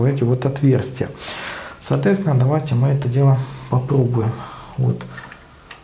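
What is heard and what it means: A cooler fastener is lined up with the mounting holes on a motherboard and pressed in, one side and then the other, while someone talks. It clicks into place at 5.3 s and 5.7 s, and the mount is seated.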